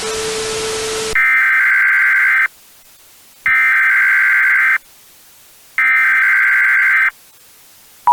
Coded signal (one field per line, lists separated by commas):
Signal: Emergency Alert System (SAME) tones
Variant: header bursts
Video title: EAS Scenario: DON'T LOOK BEHIND YOU [FULL]